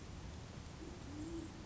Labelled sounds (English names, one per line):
Band-tailed Pigeon